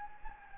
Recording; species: mosquito wingbeat signal from an infrared sensor; Anopheles gambiae